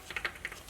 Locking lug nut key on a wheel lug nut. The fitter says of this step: that just clicked in place and then for the socket size that fits the top of this I